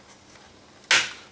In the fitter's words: simply push it back in the right place and push it down and it should click in just fine